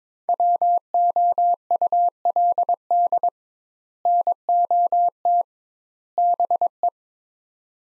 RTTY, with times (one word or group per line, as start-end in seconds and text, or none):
none